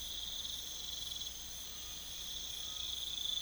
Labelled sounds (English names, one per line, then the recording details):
none
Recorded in pastures near Puerto Asís, Putumayo, Colombia, on 21 December 2024 at 03:00
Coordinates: 0.486, -76.323
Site GP01